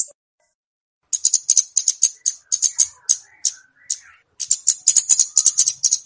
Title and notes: Kicau Burung Kemade ( Cabe Cabean) Jernih. Suara Burung Cabe Cabean Pikat